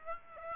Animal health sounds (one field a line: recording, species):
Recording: mosquito wingbeat signal from an infrared sensor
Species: Aedes aegypti